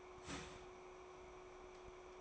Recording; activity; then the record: daily activity, microphone in the room; start toaster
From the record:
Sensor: 1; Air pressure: 1014.7 hPa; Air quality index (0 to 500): 196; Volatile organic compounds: 30 ppm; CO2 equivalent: 2965 ppm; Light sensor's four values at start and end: 4/9/3/3 and 4/9/3/3